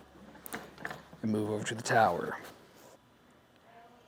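A plastic end cap is pushed back into the end of a Yakima RidgeLine roof-rack crossbar for flush rails on a 2021 Toyota RAV4. Sharp snaps are heard at 0.5 s and 0.9 s as the cap seats in place, and then someone talks.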